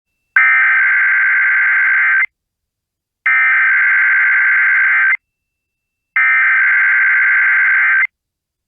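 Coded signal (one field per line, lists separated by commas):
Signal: Emergency Alert System (SAME) tones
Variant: header bursts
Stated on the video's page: Tornado watch relayed on NOAA Weather Radio via an FM station.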